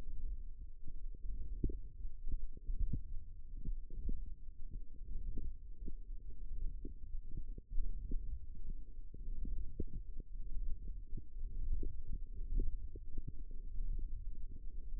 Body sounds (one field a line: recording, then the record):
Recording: forearm muscle sounds (acoustic myography)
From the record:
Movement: hook grip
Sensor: system 1, eight BSWA MPA416 microphones around the upper forearm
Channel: 8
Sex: female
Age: 21 years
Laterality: right